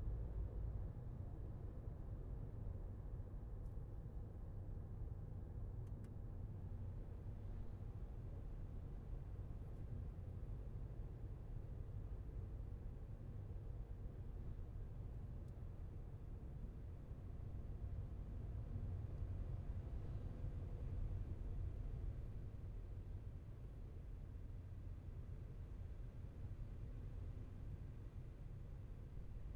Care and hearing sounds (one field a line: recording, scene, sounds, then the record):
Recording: everyday scene through a hearing-aid microphone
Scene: in a vehicle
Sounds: engine, highway driving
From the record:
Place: Skoda Fabia, gasoline engine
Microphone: behind the ear, left, rear